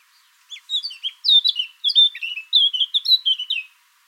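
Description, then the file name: Eurasian blackcap song: a rapid, varied warble of clear whistled and chattering notes, rising and falling, running continuously for about three seconds. "Sylvia atricapilla"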